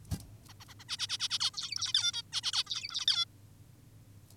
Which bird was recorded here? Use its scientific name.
Taeniopygia guttata